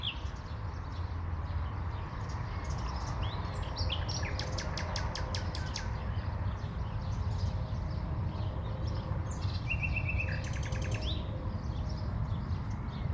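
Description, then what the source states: Birds chirping in a mixed chorus, with two rapid rattling trills and scattered short tweets, all over a constant low rumble of traffic. City park ambience in spring, with car traffic alongside the birds.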